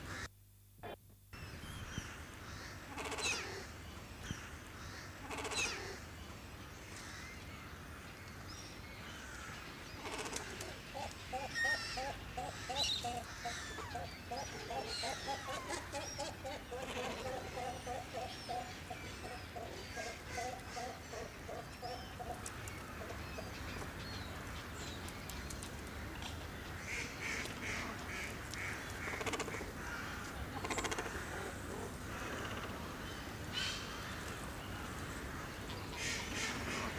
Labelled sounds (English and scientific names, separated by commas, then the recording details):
Great Cormorant (Phalacrocorax carbo) call
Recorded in captivity
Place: Zoo Berlin, Berlin, DE
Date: 2004-12-30 13:24
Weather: wolkig, 2°C
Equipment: Sony WM-D6C, Sennheiser ME 80, Kopie Uher 4000 Report Monitor
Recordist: Tembrock, Günter